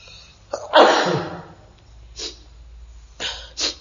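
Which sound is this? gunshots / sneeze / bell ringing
sneeze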